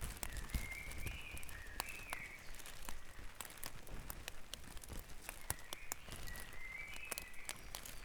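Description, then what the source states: Birds singing warbled phrases in two bouts, overlaid by frequent sharp clicks and patter. Dawn chorus recorded at Back Dragon Avenue, Harrogate, as part of a sound map of Harrogate.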